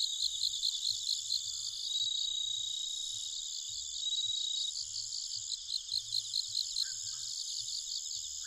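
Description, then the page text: Bell cricket song, thin bell-like tones heard in short stretches over a continuous, rhythmic chorus of many chirping insects. Recorded at night, 21:48, on 1 October 2011 in Nikko, Japan. "Homoeogryllus japonicus [Sounds -Nikko Today-]"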